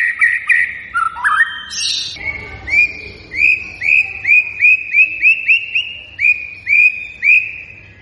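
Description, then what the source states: White-rumped shama song opening with rich varied whistles, then a long string of short rising whistled notes. Singing persistently; lure recording meant to make birds respond immediately.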